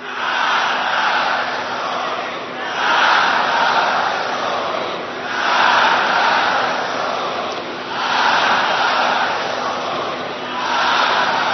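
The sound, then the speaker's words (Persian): A large crowd of the Iranian nation chants the political slogan "Death to Israel" in unison, loud rhythmic surges repeating roughly every two and a half seconds with broad, roaring voices and no individual speaker. “آقای بایدن، آقای نتانیاهو و همه سران مستکبر عالم، بدانید این فریاد رسای ملت ایران و این ندای رسای امت اسلام همیشه زنده خواهد بود”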